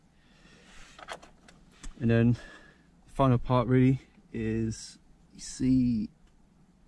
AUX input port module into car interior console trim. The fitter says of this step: push you hear a little click